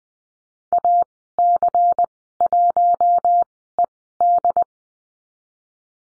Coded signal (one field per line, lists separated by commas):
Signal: Morse code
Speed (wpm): 20 wpm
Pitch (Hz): 700 Hz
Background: none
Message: AC1ED